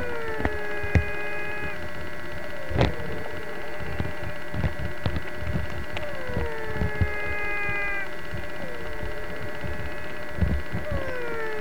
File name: Physalaemus barrioi